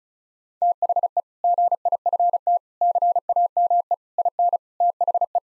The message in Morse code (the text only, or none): THE GIFT CAME IN THE